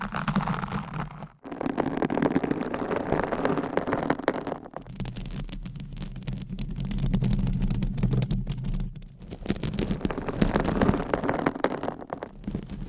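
Nails scratch across microphones in a dense, continuous rasping texture, with low rumble underneath and brief silent gaps near 1.4, 4.7, 9 and 12 seconds.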